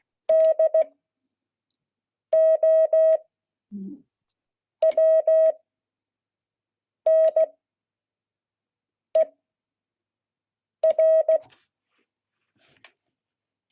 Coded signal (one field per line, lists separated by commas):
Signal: Morse code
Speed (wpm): 16 wpm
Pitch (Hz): 640 Hz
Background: none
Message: DOWNER